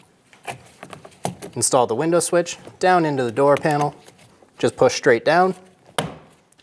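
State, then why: Seated. Someone talks while the plastic window switch of a 2001-2006 Chevrolet Silverado 2500 HD is pushed straight down into its opening in the rear door trim panel. A sharp snap is heard at 6.0 s as the switch locks into place, fully seated.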